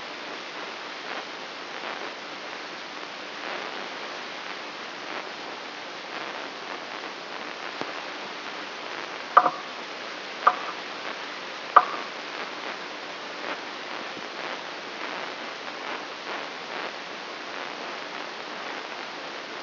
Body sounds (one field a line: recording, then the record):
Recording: brain microelectrode recording played as sound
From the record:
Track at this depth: outside the subthalamic nucleus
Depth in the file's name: 7.66 mm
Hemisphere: left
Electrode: 3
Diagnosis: Parkinson's disease